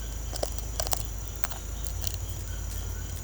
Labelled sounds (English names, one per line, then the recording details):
none
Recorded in secondary vegetation near Puerto Asís, Putumayo, Colombia, on 22 December 2024 at 08:00
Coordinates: 0.499, -76.323
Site G010